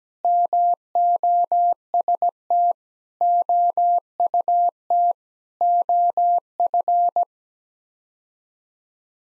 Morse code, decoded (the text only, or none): MOST OUT OF